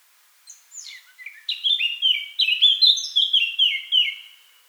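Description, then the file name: Eurasian blackcap song: a soft scratchy warble building into loud, clear fluting phrases that fall in pitch, repeated in quick succession. "Sylvia atricapilla"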